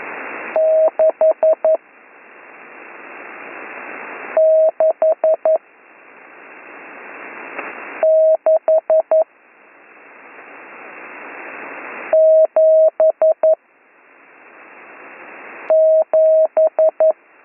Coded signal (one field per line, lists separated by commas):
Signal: Morse code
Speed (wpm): 11 wpm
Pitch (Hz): 630 Hz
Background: radio noise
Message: 66677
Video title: Slow Morse Code Course - Week 7 - Learn Morse Code